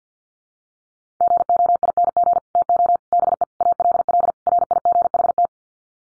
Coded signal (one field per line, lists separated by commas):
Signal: Morse code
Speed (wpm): 50 wpm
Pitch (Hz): 700 Hz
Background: none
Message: GOING TO BE ALL RIGHT